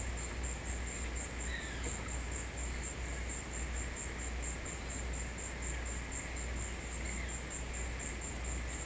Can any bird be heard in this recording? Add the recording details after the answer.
yes. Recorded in secondary vegetation near Puerto Asís, Putumayo, Colombia, on 13 March 2025 at 15:30. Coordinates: 0.498, -76.327. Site G001